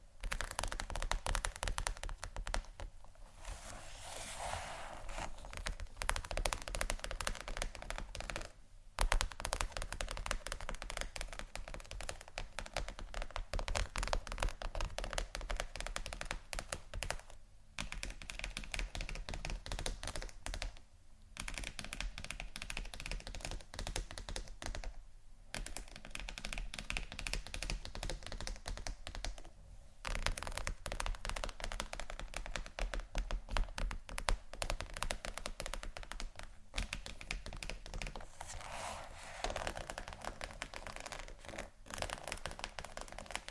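Scratching triggers: a dense, continuous run of quick scratchy taps, bright and crackly like fingernails working over a surface, much like rapid typing. The pace stays fast and steady throughout, broken by brief pauses near 9, 17, 21, 25 and 30 seconds.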